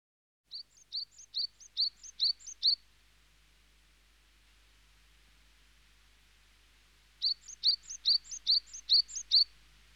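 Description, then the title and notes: Small birds chirping: a quick run of several high chirps, a pause of several seconds, then another similar run. "NHK効果音集 - 2-波・川・小鳥"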